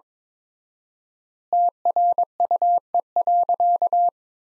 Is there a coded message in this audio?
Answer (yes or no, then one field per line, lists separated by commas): yes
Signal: Morse code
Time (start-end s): 1.5-4.1 s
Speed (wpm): 22 wpm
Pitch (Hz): 700 Hz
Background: none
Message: TRUE.